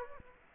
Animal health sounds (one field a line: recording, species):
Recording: mosquito wingbeat signal from an infrared sensor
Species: Aedes aegypti